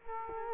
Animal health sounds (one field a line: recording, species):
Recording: mosquito wingbeat signal from an infrared sensor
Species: Culex quinquefasciatus